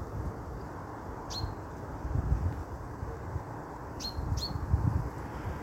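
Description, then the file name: Common chaffinch uttering brief, bright metallic call notes, one single then a quick pair, against constant low-pitched engine noise. "Fringilla coelebs"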